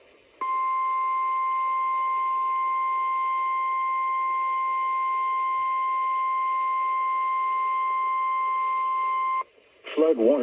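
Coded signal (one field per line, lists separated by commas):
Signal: Emergency Alert System (SAME) tones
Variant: 1050 Hz attention tone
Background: speech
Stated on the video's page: Real EAS alerts from a convective weather event.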